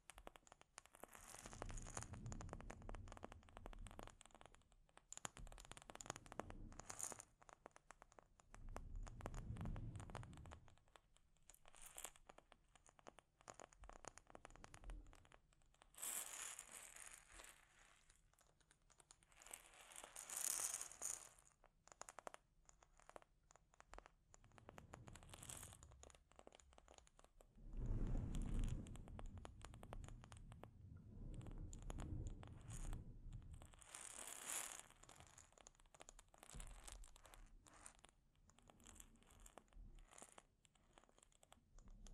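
Delicate scratching and tapping on a microphone, a dense run of small crackling, crinkling contacts that never settles into a steady rhythm. Heavier, low rubbing swells arrive around 3, 10, 20 and 28 seconds, with bright scraping strokes near 16 and 34 seconds.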